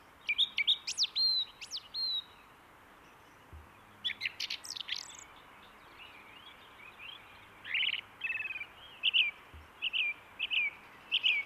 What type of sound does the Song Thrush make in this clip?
song